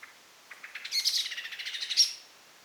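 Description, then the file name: Common blackbird giving a rapid, harsh chattering call, a quick run of scratchy notes that swells into a shrill, screechy burst. "Turdus merula"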